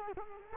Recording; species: mosquito wingbeat signal from an infrared sensor; Culex quinquefasciatus